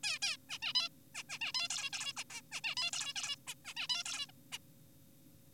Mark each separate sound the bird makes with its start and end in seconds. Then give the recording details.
0.04-0.19, 0.22-0.37, 0.50-0.58, 0.62-0.73, 0.75-0.89, 1.15-1.23, 1.29-1.38, 1.41-1.52, 1.54-1.68, 1.70-1.90, 1.93-2.13, 2.17-2.24, 2.30-2.42, 2.52-2.61, 2.64-2.75, 2.77-2.91, 2.93-3.13, 3.16-3.36, 3.47-3.54, 3.65-3.74, 3.77-3.87, 3.90-4.04, 4.06-4.25, 4.29-4.32, 4.52-4.58. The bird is an adult. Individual g4p5U